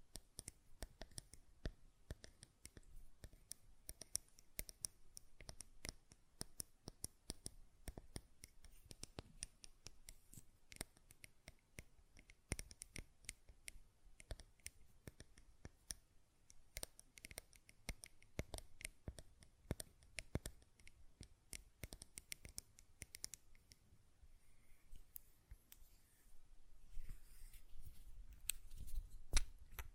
Glass Perfume Bottle Tapping & Lid Sounds